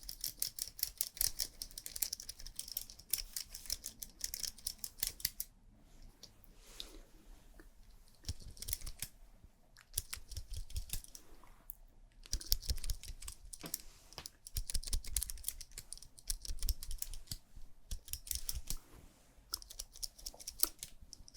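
Fast, aggressive ASMR makeup sounds: dense bursts of crisp tapping and clicking, like nails on hard cases, run in quick layered flurries. Brief pauses break the rhythm near 6, 11 and 12 seconds before the rapid tapping resumes.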